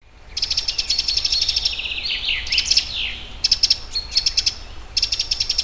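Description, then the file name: Eurasian wren song: a loud, rapid, high-pitched trill, then a tumble of quick descending notes, followed by more bursts of fast rattling trills; low rumble underneath. "Troglodytes troglodytes"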